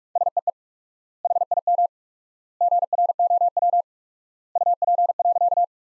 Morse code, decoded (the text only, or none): SEE HIM GROW UP.